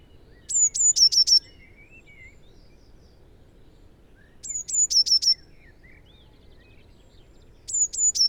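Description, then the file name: Eurasian blue tit delivers three phrases of thin, high whistles sliding down into a brief trill, spaced several seconds apart, over a quiet background. "Cyanistes caeruleus"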